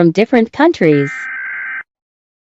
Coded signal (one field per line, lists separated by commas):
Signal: Emergency Alert System (SAME) tones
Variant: header bursts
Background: speech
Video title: Eas alarm